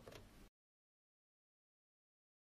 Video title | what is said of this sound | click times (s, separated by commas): Robot piscine électrique Pentair BLUESTORM - Choix des Modes | insère la fiche dans le connecteur jusqu'à entendre le clac comme ceci. | 0.1 s, 0.2 s